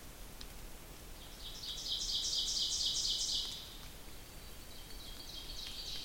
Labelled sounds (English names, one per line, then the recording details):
Ovenbird song
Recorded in boreal forest in Alberta, Canada, on 2 June 2016 at 06:30
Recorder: SongMeter 3, array SBT-3-7
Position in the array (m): 51 m, 148 m
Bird 4